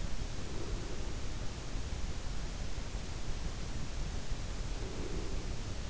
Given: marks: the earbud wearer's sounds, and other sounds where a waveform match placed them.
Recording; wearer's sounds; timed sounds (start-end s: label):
sounds in sleep by an in-ear microphone; breath
0.32-1.19 s: breath
4.68-5.62 s: breath